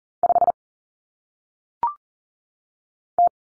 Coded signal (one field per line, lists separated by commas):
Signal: Morse code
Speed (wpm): 40 wpm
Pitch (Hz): 700 Hz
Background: none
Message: 5 T